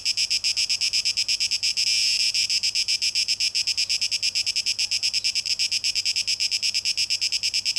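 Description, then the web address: Cicada song, high rasping pulses repeating quickly, briefly growing louder and fuller around two seconds before settling back. Recorded 12 August 2023; tape echo mix. "rauschpartikel Audio 2023-08-12 Zikaden (Tape Echo Mix)"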